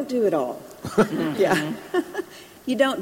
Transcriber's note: laughter